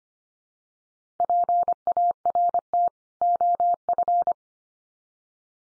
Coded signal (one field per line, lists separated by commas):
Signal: Morse code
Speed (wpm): 25 wpm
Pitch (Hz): 700 Hz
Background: none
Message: PART OF